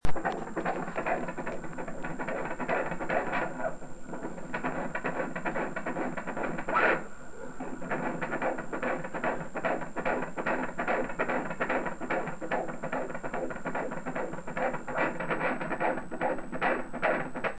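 Rapid, steady whooshing pulses of a baby's heartbeat picked up through a Doppler monitor.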